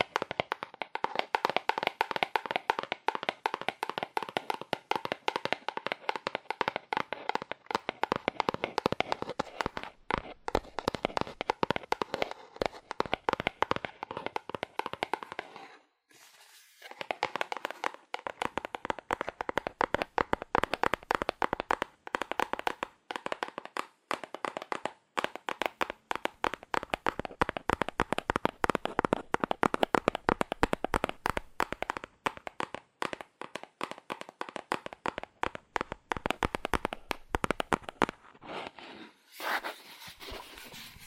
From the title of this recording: ASMR Fast Aggressive Cardboard Tapping